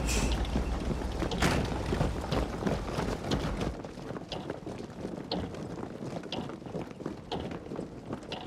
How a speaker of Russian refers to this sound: Солдаты побежали и заняли свои позиции перед рабочими. Их очень много.